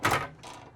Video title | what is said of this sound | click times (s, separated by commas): 2019 Forest River Forester 2421 Class C Motorhome Walkthrough Review | and it locks in place there and you even got tall racks here | 0.0 s